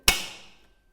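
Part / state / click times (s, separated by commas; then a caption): flashing clip into roof window hinge / seated / 0.1 s. A flashing clip at the bottom of a Velux top-hung roof window is lined into the hinge and pushed down, seating with one sharp, loud plunk at 0.1 s. The bright, broadband hit rings out and fades over about half a second, confirming everything is clipped in place.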